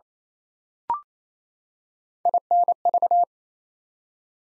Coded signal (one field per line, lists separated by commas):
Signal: Morse code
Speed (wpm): 27 wpm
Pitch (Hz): 700 Hz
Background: none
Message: INV